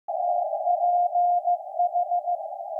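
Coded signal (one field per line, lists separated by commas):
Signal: Morse code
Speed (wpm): 15 wpm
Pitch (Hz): 710 Hz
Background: none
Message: TPH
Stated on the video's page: Maritime coast station KPH reactivated for Night of Nights, CW on shortwave received with an SDRplay RSP1A.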